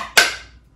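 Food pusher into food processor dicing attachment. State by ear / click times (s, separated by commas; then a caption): seated / 0.2 s. A plastic food pusher is clipped onto a food processor's dicing attachment and seats with one sharp click at 0.2 s. The click rings briefly and fades over about half a second. The pusher is clipped in place.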